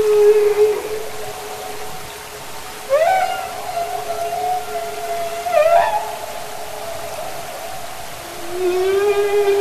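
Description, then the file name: Humpback whale song with a long sustained tonal note, broken by two sharp upward-swooping harmonic cries and ending in a rising moan. "Gesang Buckelwal"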